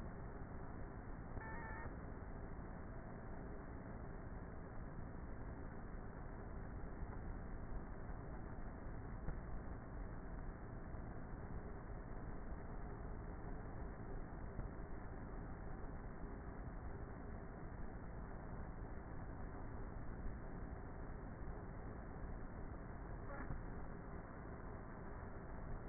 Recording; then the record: honeybee colony, microphone inside the hive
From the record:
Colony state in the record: queenless with a low population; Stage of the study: before two queens were removed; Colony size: about 30,000 bees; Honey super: no